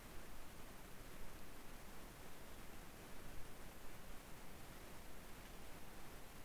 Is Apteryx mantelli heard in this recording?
no